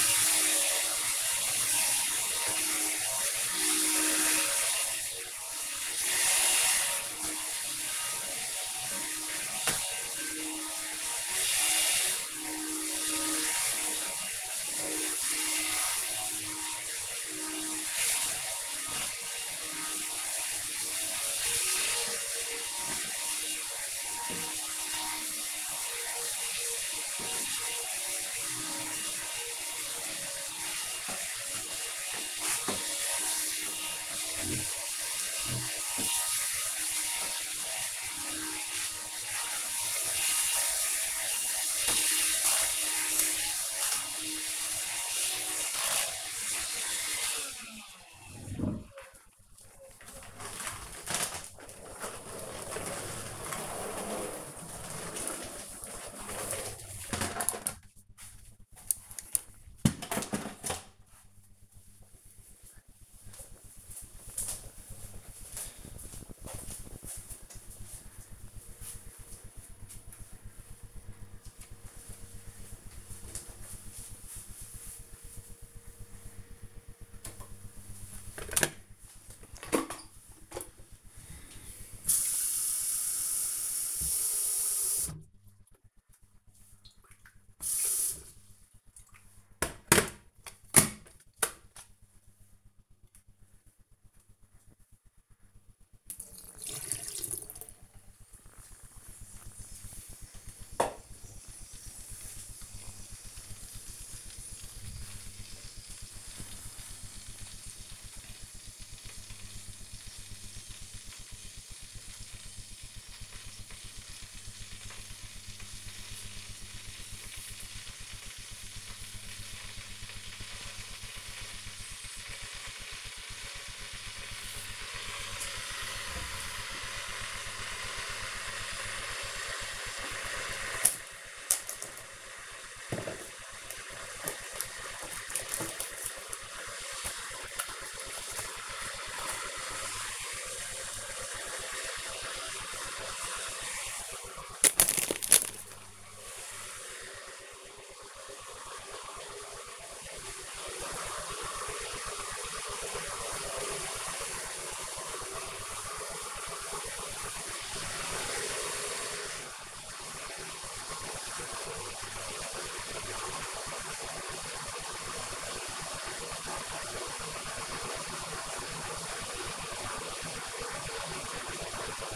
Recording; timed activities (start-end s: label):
household activities, microphone on the right wrist
0.00-47.33 s: vacuum cleaning
76.51-172.15 s: making tea